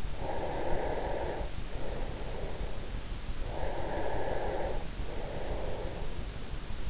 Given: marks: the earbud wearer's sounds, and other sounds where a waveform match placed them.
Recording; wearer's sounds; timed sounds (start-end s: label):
sounds in sleep by an in-ear microphone; breath
0.00-2.98 s: breath
3.47-6.34 s: breath